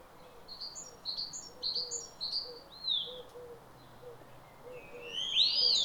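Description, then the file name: Great tit calls: short high notes, often paired, repeated about every half second, followed by a louder sweeping note near the end. "Parus major"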